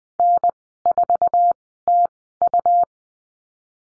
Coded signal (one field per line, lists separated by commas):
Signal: Morse code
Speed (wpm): 20 wpm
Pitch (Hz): 700 Hz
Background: none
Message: N4TU